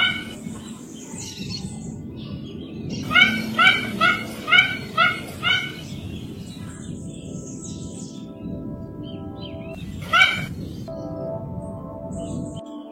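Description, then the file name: Mandarin duck calls: a brisk series of six short yelping notes, then a lull and one more lone yip, against a constant low background rumble. "canto do pato mandarim"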